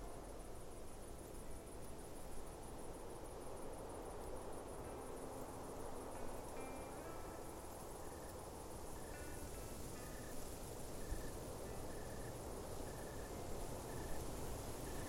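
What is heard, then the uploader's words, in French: On a mountaintop, a steady rushing noise fills the whole clip, with a thin, high insect buzz pulsing evenly above it. From about six seconds on, short chirps repeat every second or so, and a faint low hum passes briefly near the middle. Endormez vous au sommet d'une montagne bercé par les sons de la nature.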